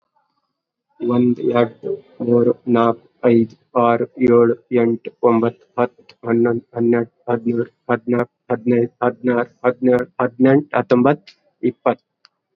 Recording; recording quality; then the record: counting at a normal pace; excellent, no background noise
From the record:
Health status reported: COVID-19 positive, mild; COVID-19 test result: positive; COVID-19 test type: RT-PCR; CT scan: not taken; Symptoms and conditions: fever, fatigue, muscle pain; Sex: male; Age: 27 years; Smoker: no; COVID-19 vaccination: both doses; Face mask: worn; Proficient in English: yes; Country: India